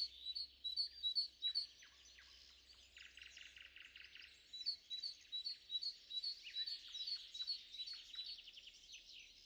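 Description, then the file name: Several birds chirp and trill together, bright high notes and rapid twittering phrases repeating throughout with a faint low hum beneath. Morning, three birds. "morning bird trio"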